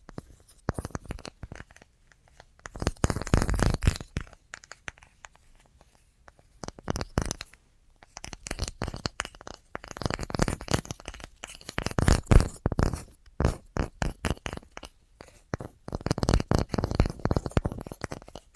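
Tapping sounds for ASMR: quick bursts of crisp taps and scratchy clicks, arriving in dense clusters separated by brief pauses. The taps are sharp and bright, some crinkly or scratching, with groups near the start, around 3–5, 7–13 and 15–18 seconds.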